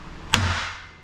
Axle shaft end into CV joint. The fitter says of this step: you'll hear it click,